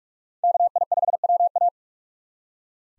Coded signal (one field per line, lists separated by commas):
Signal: Morse code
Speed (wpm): 46 wpm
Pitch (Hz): 700 Hz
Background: none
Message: KI5WA